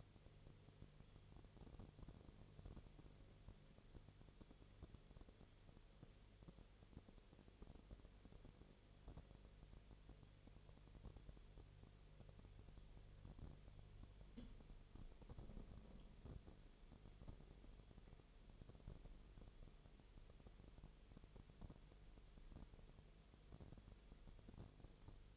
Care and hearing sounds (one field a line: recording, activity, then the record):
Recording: daily activity, microphone in the room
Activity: no activity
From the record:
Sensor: 4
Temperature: 22.3 degrees Celsius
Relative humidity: 30.9%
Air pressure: 1004.1 hPa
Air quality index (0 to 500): 86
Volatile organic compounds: 1 ppm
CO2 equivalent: 777 ppm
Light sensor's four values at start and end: 2/3/1/1 and 2/3/1/1